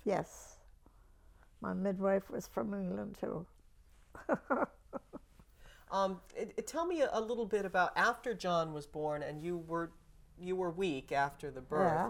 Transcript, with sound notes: Yes. My midwife was from England, too. (she laughs)
Tell me a little bit about after John was born and you were, you were weak after the birth.